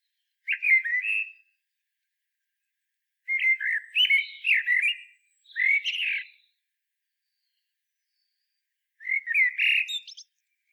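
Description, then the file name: Common blackbird song in four bursts of warbled, flute-like notes rising and falling, with silences between. "Turdus merula"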